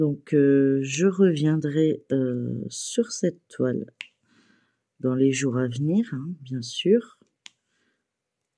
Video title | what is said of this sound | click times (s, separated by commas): démarrage de cette superbe toile #partenariat #coodeals #diamondpainting #loisirscreatifs 🤩😘 | Mais même ça, vous entendez le clac | 7.5 s